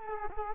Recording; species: mosquito wingbeat signal from an infrared sensor; Culex quinquefasciatus